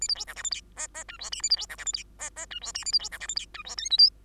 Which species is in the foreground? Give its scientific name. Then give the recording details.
Lonchura striata domestica. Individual Bird2